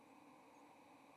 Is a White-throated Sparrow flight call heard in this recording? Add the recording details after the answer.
no. Another species' flight call is heard. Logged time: 07:58 on 30 October 2014